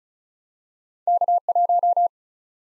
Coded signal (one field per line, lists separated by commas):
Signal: Morse code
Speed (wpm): 46 wpm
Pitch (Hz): 700 Hz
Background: none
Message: K 1